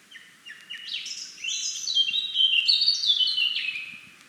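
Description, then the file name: Blackcap song, a fast, rich warble of varied notes that swells to loud whistled phrases before fading out, with faint low background rumble. "Sylvia atricapilla"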